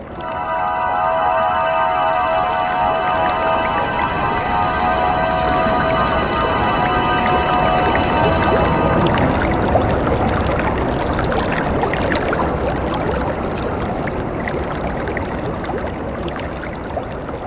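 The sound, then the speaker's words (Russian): A raging mountain stream roars in a dense, unbroken wash of rushing water, steady and loud throughout, with a faint sustained tonal hum layered over the first half. “больше не будет ничего, кроме леденящего холода, тумана и рева неистового потока.”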